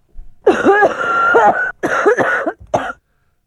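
Three loud, strongly voiced hacking bursts over about two and a half seconds, the first long and rasping, the last brief. It is an exaggerated, comic imitation of a smoker's menthol cough from smoking menthol cigarettes, not a real one, by an adult man.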